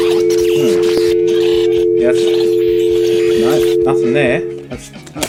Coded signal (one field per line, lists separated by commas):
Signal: telephone call progress tone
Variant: North America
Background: speech, music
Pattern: dial tone